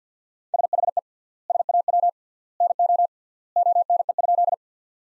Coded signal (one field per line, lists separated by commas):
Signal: Morse code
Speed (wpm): 50 wpm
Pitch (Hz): 700 Hz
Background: none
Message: SHE SAW NO ONE?